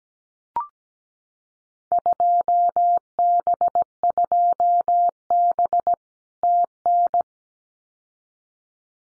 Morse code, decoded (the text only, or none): 2B2B TN